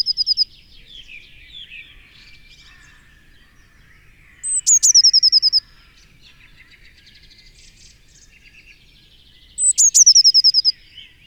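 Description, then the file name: Eurasian blue tit song: high thin phrases with a rapid trill, heard three times about five seconds apart, over a busy background of faint twittering. "Cyanistes caeruleus"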